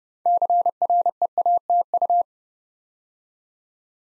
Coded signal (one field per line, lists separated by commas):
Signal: Morse code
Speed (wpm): 30 wpm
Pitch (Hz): 700 Hz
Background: none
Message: CREATU